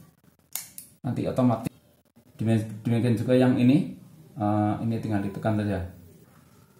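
An electrical wire is pressed into the push-in terminal of a plastic-bodied two-way wall switch and seats with a sharp, short click at 0.6 s, followed by a second brief hit at 0.8 s. Someone then talks, and the wire ends up installed in the terminal.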